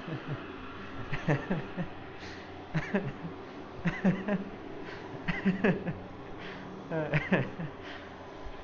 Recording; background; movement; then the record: laughter; traffic; sitting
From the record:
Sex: male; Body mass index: 20.5 kg/m2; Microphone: on the chest, facing outward